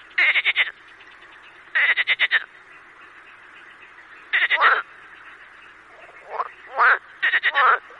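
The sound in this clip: Marsh frog croaking in rapid pulsed bursts, short rattling chuckles repeated several times.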